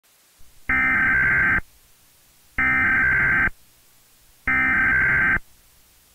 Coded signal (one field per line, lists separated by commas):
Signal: Emergency Alert System (SAME) tones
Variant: header bursts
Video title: Trying to find your missing cat - EAS MOCK - Neckface